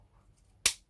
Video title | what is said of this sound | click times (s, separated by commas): Pegasus Hobbies 1 48 Me Bf 109 E4 Snap Together # 8412 | Yeah, that's gone in properly that time. You heard the snap. | 0.7 s